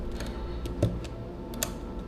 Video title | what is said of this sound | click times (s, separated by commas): Must have Accessory for PS5 - PS5 Slim - PS5 Pro - PS5 wireless charging station #PlayStation 5 Pro | ഒരു tick sound കേൾക്കാൻ പറ്റും click ഒരു click sound കേൾക്കാം അപ്പൊ തന്നെ അത് | 1.6 s